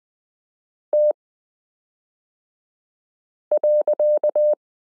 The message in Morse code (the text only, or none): T.